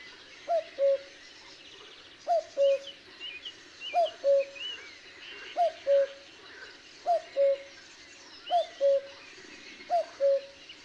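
Cuckoo calling steadily, seven falling two-note 'cu-coo' phrases roughly every one and a half seconds, faint twittering birds behind.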